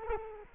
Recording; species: mosquito wingbeat signal from an infrared sensor; Culex quinquefasciatus